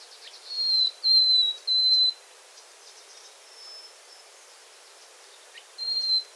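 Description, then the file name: Common nightingale singing long, pure, high whistled notes, each about half a second, given in short groups with pauses between, over a steady background hiss. "Luscinia megarhynchos"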